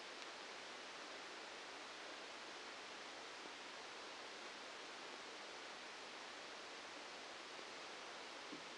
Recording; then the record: brain microelectrode recording played as sound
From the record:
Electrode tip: outside the subthalamic nucleus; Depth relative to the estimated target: -6 mm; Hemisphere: right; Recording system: NeuroSet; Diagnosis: Parkinson's disease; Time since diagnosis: 8 years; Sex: male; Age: 65 years